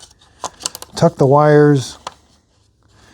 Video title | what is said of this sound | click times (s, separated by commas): How To Change Battery in Ring Alarm Base Station (2nd Gen) | Make sure you push it in. It's going to kind of click into place. | 0.7 s